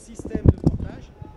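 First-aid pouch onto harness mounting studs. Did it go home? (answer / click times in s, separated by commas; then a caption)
yes / 0.7 s. A rescue kit first-aid pouch is pressed onto the female mounting studs of a carrying harness while someone talks. It clips itself in automatically with a sharp click at 0.7 s, and is then seated and cannot be removed.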